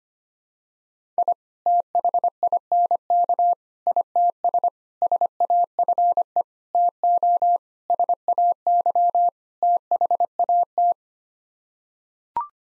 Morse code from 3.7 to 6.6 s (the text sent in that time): ITS SAFE